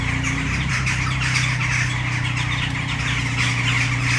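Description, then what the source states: Western jackdaws calling together in a busy stream of clipped, harsh notes, with a steady low hum underneath. Flock in a tree, city centre of Brno, Czech Republic, Malinovského square, at sunset.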